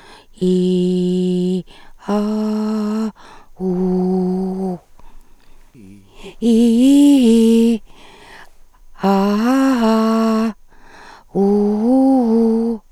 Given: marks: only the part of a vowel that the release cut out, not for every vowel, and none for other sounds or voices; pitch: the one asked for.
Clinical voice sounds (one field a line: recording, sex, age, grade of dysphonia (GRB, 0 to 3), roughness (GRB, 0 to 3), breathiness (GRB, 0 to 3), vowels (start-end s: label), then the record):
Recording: sustained vowels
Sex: female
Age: 50 to 59 years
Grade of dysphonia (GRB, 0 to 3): 1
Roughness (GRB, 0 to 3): 1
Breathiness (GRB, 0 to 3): 1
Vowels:
0.46-1.54 s: vowel /i/, low pitch
2.12-3.03 s: vowel /a/, low pitch
3.66-4.70 s: vowel /u/, low pitch
6.47-7.70 s: vowel /i/, low-high-low pitch
9.08-10.45 s: vowel /a/, low-high-low pitch
11.40-12.68 s: vowel /u/, low-high-low pitch
From the record:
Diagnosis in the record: recurrent laryngeal nerve paralysis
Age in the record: 58 years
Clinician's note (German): Strumiprive re nach Schilddrüsentumorresektion